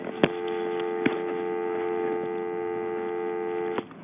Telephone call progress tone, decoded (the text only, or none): dial tone